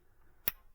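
A tight plastic engine wiring harness electrical connector on a 2013 Subaru Outback 2.5i (FB25) is pushed hard until its locking tab clicks open, so it can be pried off its mating plug with a screwdriver. A single sharp click is heard at 0.5 s against a quiet background. The connector latch releases.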